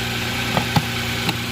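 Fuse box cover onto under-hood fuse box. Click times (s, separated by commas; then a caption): 1.3 s. A plastic fuse panel cover on a Kia Stinger is pressed down by hand onto the under-hood fuse box in the engine bay, over a steady low engine-like hum. A few soft knocks come around 0.6 and 0.8 seconds, then a short, sharp click at 1.3 seconds as the cover latches and seats shut.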